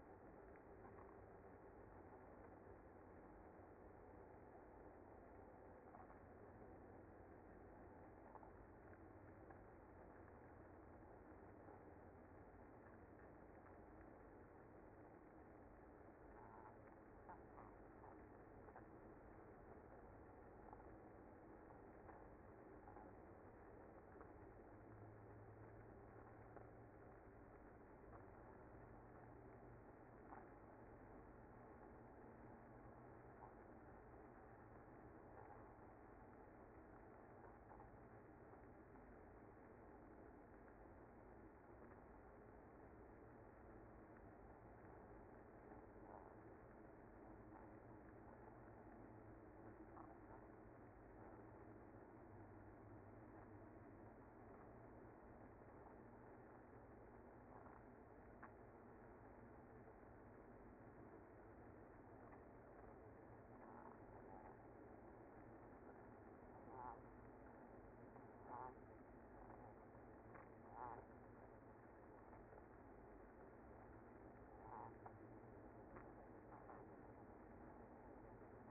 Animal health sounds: honeybee colony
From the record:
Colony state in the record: active

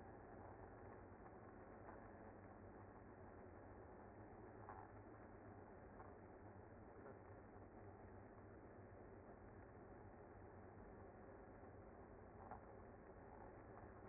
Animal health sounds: honeybee colony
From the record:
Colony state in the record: active

